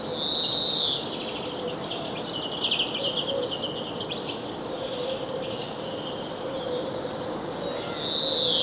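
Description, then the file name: European greenfinch giving long, loud wheezing calls at the start and end, with quieter twittering in between. "Chloris chloris"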